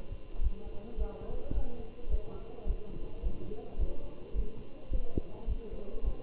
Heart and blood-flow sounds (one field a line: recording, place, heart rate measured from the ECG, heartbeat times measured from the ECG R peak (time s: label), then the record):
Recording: heart sounds by stethoscope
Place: between the tricuspid and mitral areas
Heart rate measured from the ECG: 107 bpm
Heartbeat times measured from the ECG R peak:
0.44 s: heartbeat
0.99 s: heartbeat
1.56 s: heartbeat
2.11 s: heartbeat
2.68 s: heartbeat
3.24 s: heartbeat
3.80 s: heartbeat
4.36 s: heartbeat
4.93 s: heartbeat
5.49 s: heartbeat
6.05 s: heartbeat
From the record:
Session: Bruce protocol treadmill stress test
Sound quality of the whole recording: good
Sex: male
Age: 27 years